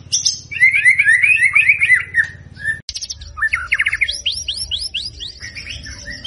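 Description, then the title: White-rumped shama song, loud rapid rising and falling slurred notes in quick series, then a gap and a run of repeated upward sweeping whistles, with a low hum beneath. Lure recording made to draw a response from the bird; the singer is described as gacor, singing persistently. "PANCINGAN MURAI BATU GACOR"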